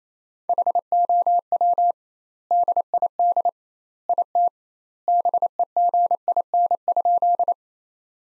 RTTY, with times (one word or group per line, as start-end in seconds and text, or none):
none